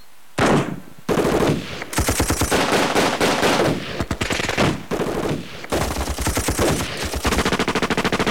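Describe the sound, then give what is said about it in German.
Sustained bursts of machine gun fire in a radio drama, as the character Bozza draws his gun and opens fire: loud and rapid, rattling in several long volleys separated by brief pauses, with dense repeated cracks throughout and no voices. “Na dann, Bozza, knallen wir sie ab.”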